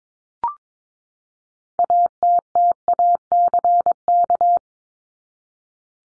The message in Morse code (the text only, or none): ATTACK